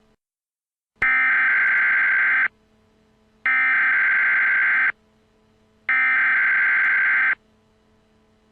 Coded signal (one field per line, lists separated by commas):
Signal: Emergency Alert System (SAME) tones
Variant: header bursts